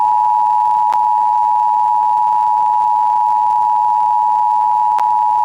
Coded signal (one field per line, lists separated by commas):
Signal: Emergency Alert System (SAME) tones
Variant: 853 and 960 Hz attention tone